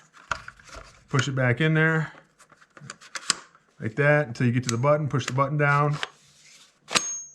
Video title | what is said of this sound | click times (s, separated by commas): FN PS90 Features & Disassembly! | snaps in place makes a nice ting sound and now you can't get this | 7.0 s